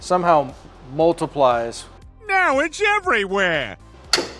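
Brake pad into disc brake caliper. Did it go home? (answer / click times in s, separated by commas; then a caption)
yes / 4.1 s. A second brake pad is pressed by hand into the disc brake caliper of a BMW E39 M5 while someone talks. At 4.1 s a short, sharp snap is heard as the pad seats in the caliper.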